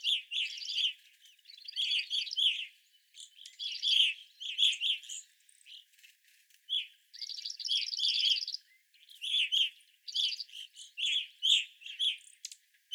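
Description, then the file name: Evening grosbeak calls in clusters of emphatic chirps, interrupted by drawn-out buzzy trills and short silent gaps. Several evening grosbeaks, 25 April 2021. "2021-04-25 Evening Grosbeaks"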